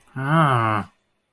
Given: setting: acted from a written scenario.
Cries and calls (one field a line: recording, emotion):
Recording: vocal sound without words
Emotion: anger